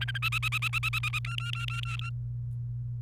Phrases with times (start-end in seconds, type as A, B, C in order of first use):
0.01-0.18 A, 0.22-1.19 B, 1.24-2.10 C